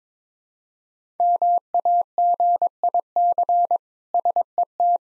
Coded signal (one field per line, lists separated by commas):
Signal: Morse code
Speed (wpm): 21 wpm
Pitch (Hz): 700 Hz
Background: none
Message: MAGIC SET